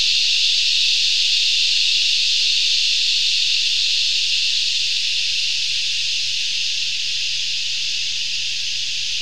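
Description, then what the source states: Cicada buzzing: an unbroken, loud, high hissing drone that stays steady and even in pitch throughout, with a faint low hum underneath. Recorded in 2018.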